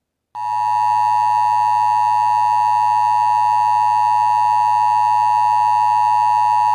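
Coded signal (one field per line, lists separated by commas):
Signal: Emergency Alert System (SAME) tones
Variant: 853 and 960 Hz attention tone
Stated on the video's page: Fictional mini EAS scenario.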